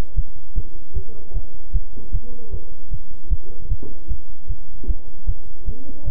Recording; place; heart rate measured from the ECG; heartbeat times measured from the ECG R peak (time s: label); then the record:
heart sounds by stethoscope; between the tricuspid and mitral areas; 153 bpm
0.15 s: heartbeat
0.54 s: heartbeat
0.93 s: heartbeat
1.33 s: heartbeat
1.72 s: heartbeat
2.11 s: heartbeat
2.50 s: heartbeat
2.90 s: heartbeat
3.29 s: heartbeat
3.68 s: heartbeat
4.08 s: heartbeat
4.47 s: heartbeat
4.86 s: heartbeat
5.25 s: heartbeat
5.65 s: heartbeat
6.04 s: heartbeat
From the record:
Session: bicycle stress test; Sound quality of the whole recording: good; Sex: male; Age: 26 years